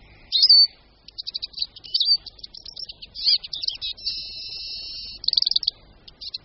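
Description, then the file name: Eurasian siskin song of fast high twitters and trills, broken by a long drawn-out wheezy buzz before quick chirps resume. "Čížek-lesní"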